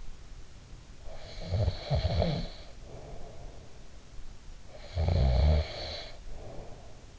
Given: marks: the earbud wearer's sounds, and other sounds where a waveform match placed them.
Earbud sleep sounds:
sounds in sleep by an in-ear microphone; snoring breath
0.82-3.91 s: snoring breath
4.43-7.19 s: snoring breath

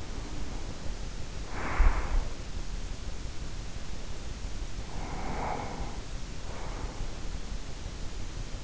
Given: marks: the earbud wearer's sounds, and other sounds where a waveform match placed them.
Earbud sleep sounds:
sounds in sleep by an in-ear microphone; breath
0.00-2.50 s: breath
4.77-7.40 s: breath

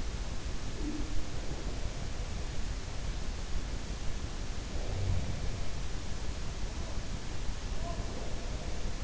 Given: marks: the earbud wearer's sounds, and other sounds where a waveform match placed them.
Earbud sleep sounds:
sounds in sleep by an in-ear microphone; breath
0.66-1.57 s: breath
4.67-5.48 s: sound from someone else or the room
7.52-9.03 s: breath

